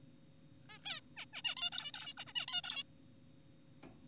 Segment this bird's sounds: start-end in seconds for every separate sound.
0.70-0.78, 0.86-1.01, 1.17-1.26, 1.34-1.42, 1.45-1.55, 1.57-1.70, 1.72-1.92, 1.94-2.14, 2.18-2.24, 2.27-2.33, 2.36-2.46, 2.48-2.62, 2.64-2.84